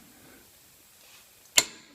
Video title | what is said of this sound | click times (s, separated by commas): How to Remove a Stuck Wheel When Changing Summer to Winter Tires – Sledge Hammer! | until it clicks and that one is done | 1.6 s